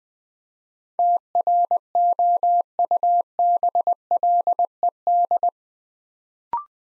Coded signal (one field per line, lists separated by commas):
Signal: Morse code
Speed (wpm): 20 wpm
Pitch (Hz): 700 Hz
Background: none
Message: TROUBLED